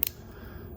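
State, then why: Released. On a Honda Goldwing motorcycle's middle cowl panel, the bottom post of a plastic push-pin retainer is pushed up until the center post pops out the top and releases the clip. A sharp snap is heard at 0.03 s, with a second brief burst right after it, then a low steady background. The push-pin clip is released.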